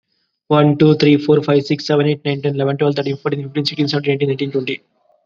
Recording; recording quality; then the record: counting at a fast pace; moderate, slight background noise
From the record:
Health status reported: COVID-19 positive, mild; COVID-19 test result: positive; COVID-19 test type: rapid antigen test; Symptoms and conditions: cough, fatigue, muscle pain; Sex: male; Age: 25 years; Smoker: no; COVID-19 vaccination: both doses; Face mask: worn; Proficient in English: yes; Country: India